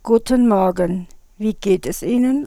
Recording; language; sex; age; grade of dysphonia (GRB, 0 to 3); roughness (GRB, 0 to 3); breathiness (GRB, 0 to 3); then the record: spoken sentence; German; female; 40 to 49 years; 1; 1; 1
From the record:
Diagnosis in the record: arytenoid dislocation, hyperfunctional dysphonia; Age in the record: 45 years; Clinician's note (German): Zustand danach mit jetzt noch hyperfunktioneller Dysphonie